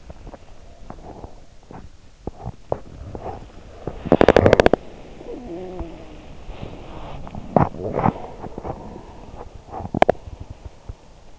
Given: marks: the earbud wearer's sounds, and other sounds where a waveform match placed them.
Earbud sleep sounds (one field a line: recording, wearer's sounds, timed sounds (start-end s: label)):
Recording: sounds in sleep by an in-ear microphone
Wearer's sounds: teeth grinding, talking in sleep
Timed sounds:
0.00-5.24 s: teeth grinding
5.28-6.11 s: talking in sleep
7.35-11.39 s: teeth grinding